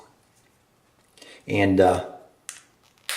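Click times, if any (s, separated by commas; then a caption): 3.1 s. Someone talks briefly while the flip cover of a phone case is closed over the front of a Galaxy S3. A short tick comes at about 2.5 s, then the cover snaps shut with a sharp plastic click at 3.1 s, seating it in place.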